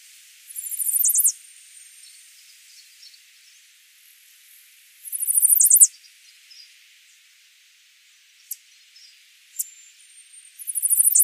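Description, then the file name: Chestnut-sided warbler repeating a short, high, rapid song with a snappy ending about every five seconds, with occasional sharp high chip notes between. "Setophaga pensylvanica - Chestnut-sided Warbler"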